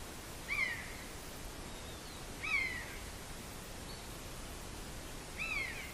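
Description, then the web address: Common buzzard mewing calls, three downslurred cries at uneven intervals. "bory 2020 Kane Lesni"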